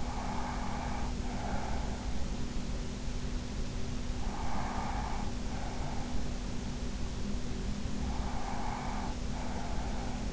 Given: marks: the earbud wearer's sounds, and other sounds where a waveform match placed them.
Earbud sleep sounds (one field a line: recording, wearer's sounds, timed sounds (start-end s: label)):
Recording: sounds in sleep by an in-ear microphone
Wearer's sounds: breath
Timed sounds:
0.00-2.21 s: breath
4.22-6.22 s: breath
7.82-10.33 s: breath